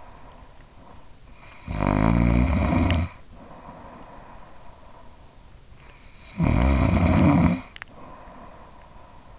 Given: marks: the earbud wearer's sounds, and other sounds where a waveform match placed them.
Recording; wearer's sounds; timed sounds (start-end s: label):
sounds in sleep by an in-ear microphone; snoring breath
0.94-4.77 s: snoring breath
5.80-9.39 s: snoring breath